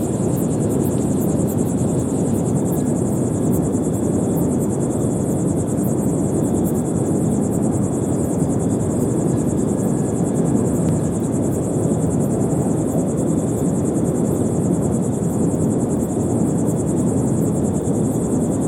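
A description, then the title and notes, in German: A recording from the Atlas Mountains at the edge of the Western Sahara: a steady, dense low roar, like wind or a far engine, holds without change for the whole stretch. Above it, a thin high insect trill pulses in quick, regular ticks throughout. Aufnahme vom Atlasgebirge am Rande der Westsahara.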